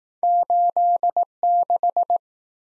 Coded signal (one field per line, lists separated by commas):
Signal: Morse code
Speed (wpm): 19 wpm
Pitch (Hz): 700 Hz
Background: none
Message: 86